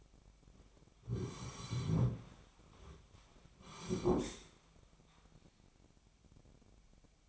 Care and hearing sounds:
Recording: daily activity, microphone in the room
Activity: sit down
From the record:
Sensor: 1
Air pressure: 1009.3 hPa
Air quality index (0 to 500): 182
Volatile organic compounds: 3 ppm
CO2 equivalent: 1537 ppm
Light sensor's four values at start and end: 45/118/49/59 and 46/122/51/61

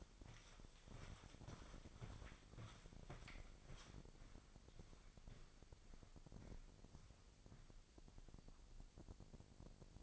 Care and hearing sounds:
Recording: daily activity, microphone in the room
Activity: walk to room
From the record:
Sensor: 5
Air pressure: 999.6 hPa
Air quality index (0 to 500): 221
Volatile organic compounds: 21 ppm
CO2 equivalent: 2710 ppm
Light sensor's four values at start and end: 33/75/30/30 and 35/81/32/31

